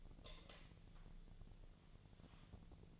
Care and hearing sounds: daily activity, microphone in the room; light off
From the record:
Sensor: 4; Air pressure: 1010.6 hPa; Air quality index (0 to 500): 173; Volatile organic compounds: 5 ppm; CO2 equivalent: 1758 ppm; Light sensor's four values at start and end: 37/107/42/43 and 37/106/42/43

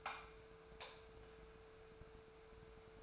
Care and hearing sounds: daily activity, microphone in the room; light off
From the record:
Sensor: 2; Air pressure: 1014.5 hPa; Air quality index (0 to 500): 176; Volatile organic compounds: 12 ppm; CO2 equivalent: 2333 ppm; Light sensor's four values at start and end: 37/95/40/44 and 32/78/34/38

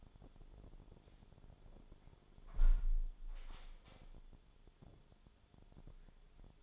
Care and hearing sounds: daily activity, microphone in the room; close window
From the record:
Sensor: 5

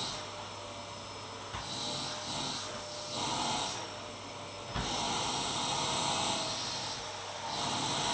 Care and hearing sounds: daily activity, microphone in the room; vacuum cleaning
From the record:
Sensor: 3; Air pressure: 1007.7 hPa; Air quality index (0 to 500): 49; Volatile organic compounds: 1 ppm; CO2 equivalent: 576 ppm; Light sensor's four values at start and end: 9/21/9/9 and 9/22/9/9

